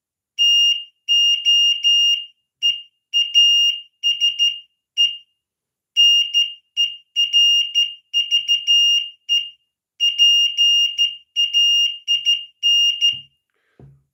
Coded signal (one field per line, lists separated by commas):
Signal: Morse code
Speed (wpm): 13 wpm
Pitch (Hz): 2800 Hz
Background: none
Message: TO EASE NERVE PAIN